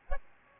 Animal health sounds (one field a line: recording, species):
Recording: mosquito wingbeat signal from an infrared sensor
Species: Aedes albopictus